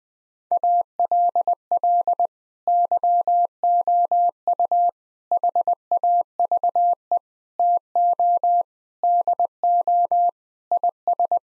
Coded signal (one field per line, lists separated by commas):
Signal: Morse code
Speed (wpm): 20 wpm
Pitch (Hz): 700 Hz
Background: none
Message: ALL YOU HAVE TO DO IS